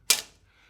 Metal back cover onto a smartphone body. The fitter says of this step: solid metal back cover and it sort of snaps back into place quite well